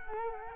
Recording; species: mosquito wingbeat signal from an infrared sensor; Culex quinquefasciatus